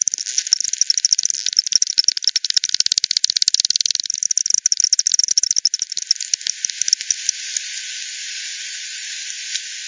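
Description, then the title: Bat clicks in quick rattling trains for about seven seconds, then fading out, leaving only steady hiss at the end. Multiple bats at Hogsmill River, Hogsmill Lane, 7 October 2020, 18:10; frequency-divided by ten, bandpass filtered and resampled. "WW bat 20201007 T 18 : 10 Z-Hogsmill-Lane-Hogsmill-River-multiple-bats"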